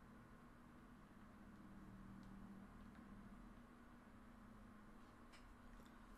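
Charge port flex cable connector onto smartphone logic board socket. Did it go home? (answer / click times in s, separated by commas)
no / none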